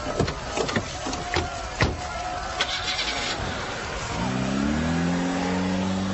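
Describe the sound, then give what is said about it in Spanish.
A run of sharp clicks and rattling cranking gives way to a car engine roaring to life, its tone climbing steadily as it revs and accelerates, loud and sustained to the end. “¡Suban al auto! Yo conduciré.”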